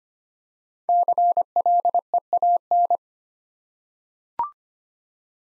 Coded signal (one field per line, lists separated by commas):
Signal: Morse code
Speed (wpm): 25 wpm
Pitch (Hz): 700 Hz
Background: none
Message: CLEAN